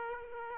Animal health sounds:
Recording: mosquito wingbeat signal from an infrared sensor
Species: Aedes aegypti

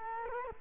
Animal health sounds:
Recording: mosquito wingbeat signal from an infrared sensor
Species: Culex quinquefasciatus

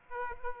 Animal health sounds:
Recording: mosquito wingbeat signal from an infrared sensor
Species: Aedes aegypti

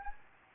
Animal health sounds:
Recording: mosquito wingbeat signal from an infrared sensor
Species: Anopheles gambiae

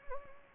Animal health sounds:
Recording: mosquito wingbeat signal from an infrared sensor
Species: Anopheles gambiae

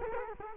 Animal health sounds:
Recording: mosquito wingbeat signal from an infrared sensor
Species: Culex quinquefasciatus

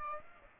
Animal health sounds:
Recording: mosquito wingbeat signal from an infrared sensor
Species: Aedes aegypti

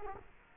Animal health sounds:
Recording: mosquito wingbeat signal from an infrared sensor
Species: Culex quinquefasciatus

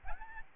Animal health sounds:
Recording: mosquito wingbeat signal from an infrared sensor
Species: Aedes albopictus

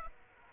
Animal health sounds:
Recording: mosquito wingbeat signal from an infrared sensor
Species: Aedes aegypti

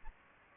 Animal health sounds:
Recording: mosquito wingbeat signal from an infrared sensor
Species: Aedes aegypti

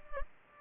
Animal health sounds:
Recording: mosquito wingbeat signal from an infrared sensor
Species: Culex pipiens

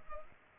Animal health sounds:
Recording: mosquito wingbeat signal from an infrared sensor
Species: Culex pipiens

